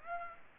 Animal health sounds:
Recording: mosquito wingbeat signal from an infrared sensor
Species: Aedes aegypti

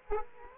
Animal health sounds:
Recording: mosquito wingbeat signal from an infrared sensor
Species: Culex quinquefasciatus

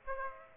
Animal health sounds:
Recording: mosquito wingbeat signal from an infrared sensor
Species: Aedes aegypti

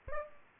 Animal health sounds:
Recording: mosquito wingbeat signal from an infrared sensor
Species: Aedes aegypti

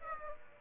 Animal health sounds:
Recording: mosquito wingbeat signal from an infrared sensor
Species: Aedes aegypti

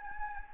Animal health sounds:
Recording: mosquito wingbeat signal from an infrared sensor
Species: Anopheles gambiae

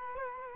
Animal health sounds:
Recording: mosquito wingbeat signal from an infrared sensor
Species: Culex quinquefasciatus

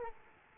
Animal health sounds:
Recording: mosquito wingbeat signal from an infrared sensor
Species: Culex quinquefasciatus

